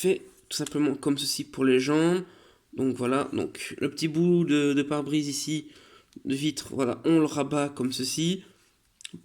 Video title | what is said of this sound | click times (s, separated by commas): Transformers Generation Selects deluxe class Exhaust review FR | que ça puisse rentrer dans l'argent on attend que ça clip ainsi | 9.0 s